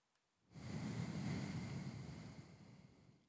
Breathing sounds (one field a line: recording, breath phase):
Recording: one breath near a microphone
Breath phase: exhalation